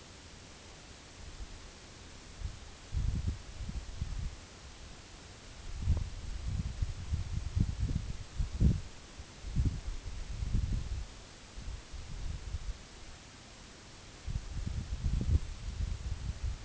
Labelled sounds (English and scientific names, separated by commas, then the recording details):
none
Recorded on Arctic tundra, site NAIT-1, on 2 July 2019
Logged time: 18:00